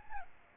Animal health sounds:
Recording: mosquito wingbeat signal from an infrared sensor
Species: Aedes albopictus

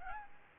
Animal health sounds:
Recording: mosquito wingbeat signal from an infrared sensor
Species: Aedes albopictus

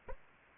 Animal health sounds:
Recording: mosquito wingbeat signal from an infrared sensor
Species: Anopheles arabiensis

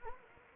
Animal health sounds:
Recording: mosquito wingbeat signal from an infrared sensor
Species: Anopheles gambiae

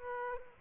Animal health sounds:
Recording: mosquito wingbeat signal from an infrared sensor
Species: Aedes aegypti

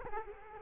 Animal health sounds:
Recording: mosquito wingbeat signal from an infrared sensor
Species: Culex quinquefasciatus

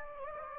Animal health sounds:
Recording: mosquito wingbeat signal from an infrared sensor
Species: Anopheles gambiae

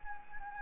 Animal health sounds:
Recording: mosquito wingbeat signal from an infrared sensor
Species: Anopheles gambiae

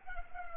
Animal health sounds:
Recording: mosquito wingbeat signal from an infrared sensor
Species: Culex pipiens

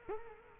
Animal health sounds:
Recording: mosquito wingbeat signal from an infrared sensor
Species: Culex quinquefasciatus

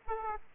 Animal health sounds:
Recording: mosquito wingbeat signal from an infrared sensor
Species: Aedes aegypti

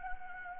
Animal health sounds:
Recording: mosquito wingbeat signal from an infrared sensor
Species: Anopheles gambiae

